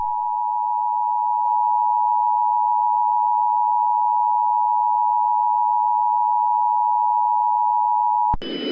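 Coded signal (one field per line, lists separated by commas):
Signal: Emergency Alert System (SAME) tones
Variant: 853 and 960 Hz attention tone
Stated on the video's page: Simulated EAS scenario retake, not a real alert.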